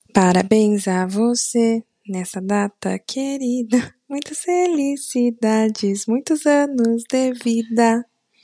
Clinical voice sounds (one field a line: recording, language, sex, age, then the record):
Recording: short text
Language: Brazilian Portuguese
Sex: female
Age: 20 to 29 years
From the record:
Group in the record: control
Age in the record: 28 years